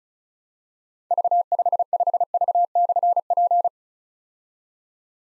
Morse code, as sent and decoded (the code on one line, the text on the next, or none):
...- ..... ..... ...- -..-. .--.
V55V/P